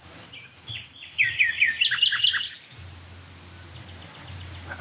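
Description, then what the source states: Common Nightingale song: a high thin whistle, then a rapid series of chattering repeated notes lasting about a second, followed by quiet with a steady low hum. Singing at a dead oak in a hedge near barns, which give its song reverb, a sound with echo.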